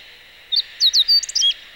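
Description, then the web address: Meadow bunting song: a short phrase of high, quick chirps and slurred notes lasting about a second, over a steady hissing background band. Recorded 11 May 2018. "chikushishou bird watching club 2018 5 11 hoojiro"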